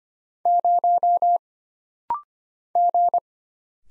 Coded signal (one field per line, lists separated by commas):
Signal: Morse code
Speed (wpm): 25 wpm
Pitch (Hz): 700 Hz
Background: none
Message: 0 G